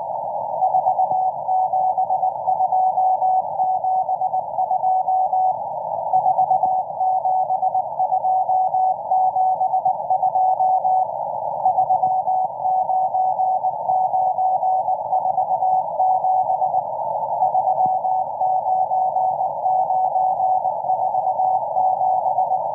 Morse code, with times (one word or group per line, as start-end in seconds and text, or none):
0.6-5.5 47272
6.1-11.0 47272
11.6-16.8 39947
17.4-22.6 39947